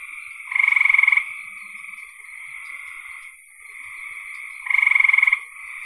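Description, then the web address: Frogs: a loud pulsed rattle repeats twice, about four seconds apart, over a background of steady, softer trilling frogs. "cn frogs"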